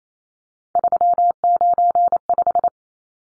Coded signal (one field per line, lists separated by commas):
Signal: Morse code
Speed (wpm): 28 wpm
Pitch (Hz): 700 Hz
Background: none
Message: 395